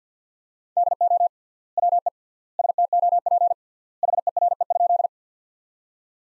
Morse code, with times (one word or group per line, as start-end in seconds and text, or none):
0.8-1.3 DO
1.8-2.1 WE
2.6-3.5 STOP
4.0-5.1 HERE?